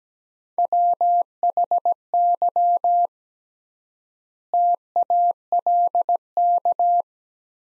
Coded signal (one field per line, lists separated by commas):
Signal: Morse code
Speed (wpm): 17 wpm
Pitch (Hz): 700 Hz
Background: none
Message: WHY TALK